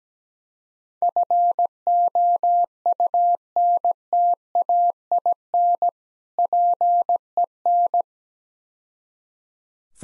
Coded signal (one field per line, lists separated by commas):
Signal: Morse code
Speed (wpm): 17 wpm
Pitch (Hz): 700 Hz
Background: none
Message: FOUNTAIN PEN